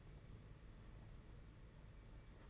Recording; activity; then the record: daily activity, microphone in the room; take from stove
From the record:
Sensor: 4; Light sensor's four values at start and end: 4/10/4/4 and 4/10/4/4